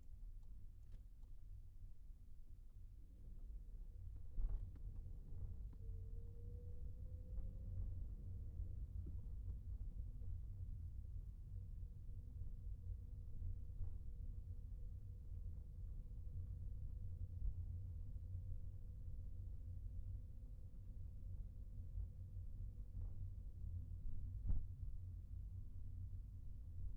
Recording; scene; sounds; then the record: everyday scene through a hearing-aid microphone; in a vehicle; engine, rumble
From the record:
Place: Skoda Fabia, gasoline engine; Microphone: behind the ear, right, rear